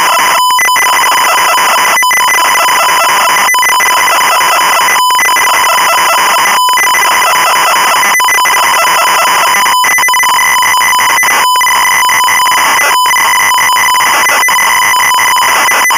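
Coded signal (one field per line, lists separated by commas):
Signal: ZX Spectrum tape loading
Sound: continuous harsh screeching data warble with buzzing harmonics, briefly broken by short dropouts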